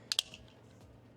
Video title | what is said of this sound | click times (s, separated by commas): 🛡️ No More Curb Rash! Installing Magbak RimCase on my Tesla! | heard that click it's underneath | 0.1 s